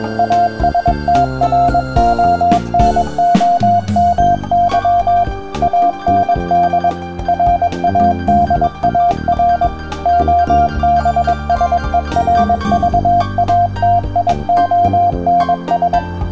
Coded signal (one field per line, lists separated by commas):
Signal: Morse code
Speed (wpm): 22 wpm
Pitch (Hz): 700 Hz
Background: music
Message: ASTRONOMY AND RADAR OBSERVATIONS